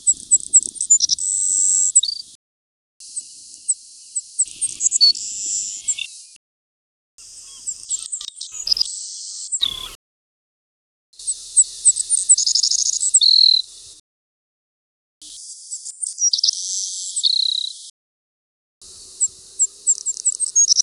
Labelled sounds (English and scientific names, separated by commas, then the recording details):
Savannah Sparrow (Passerculus sandwichensis) song
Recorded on Kent Island, New Brunswick, in 1995